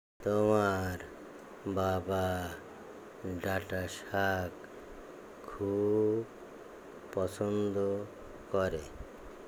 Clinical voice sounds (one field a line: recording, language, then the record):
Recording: elicited speech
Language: Bengali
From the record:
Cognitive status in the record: dementia